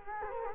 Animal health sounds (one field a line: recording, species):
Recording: mosquito wingbeat signal from an infrared sensor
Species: Culex quinquefasciatus